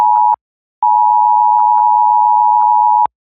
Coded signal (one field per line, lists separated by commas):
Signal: Emergency Alert System (SAME) tones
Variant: 853 and 960 Hz attention tone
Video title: emergency alert system hijacking 02 28 15